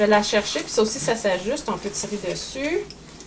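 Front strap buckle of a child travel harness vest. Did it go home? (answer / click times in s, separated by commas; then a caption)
no / none. Someone talks while handling the front strap buckle of a child's travel harness vest being fastened on the child, with faint rustling of straps under the voice. Nothing has seated or clicked yet; the clip ends before the buckle goes home.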